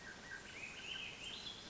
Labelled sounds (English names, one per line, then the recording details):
Swainson's Thrush
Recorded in Sonoma County, California